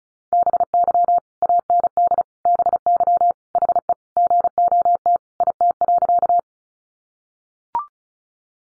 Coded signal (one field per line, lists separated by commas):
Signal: Morse code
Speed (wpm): 34 wpm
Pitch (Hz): 700 Hz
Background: none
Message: BY AND BY HE GOT IT.